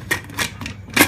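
A metal pressure cooker lid is handled onto the pot and turned to lock, making a series of short metallic knocks and scrapes: a sharp one at 0.1 s, softer ones around 0.4 s and 0.6–0.7 s, and a louder clatter near 1.0 s. Nothing has locked or clicked into place yet.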